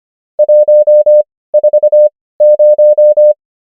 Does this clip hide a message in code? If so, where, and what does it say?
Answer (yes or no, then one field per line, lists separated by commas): yes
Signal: Morse code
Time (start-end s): 0.4-3.3 s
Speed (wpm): 25 wpm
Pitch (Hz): 600 Hz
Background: none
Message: 140